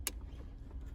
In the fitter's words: see i don't know if you heard the little click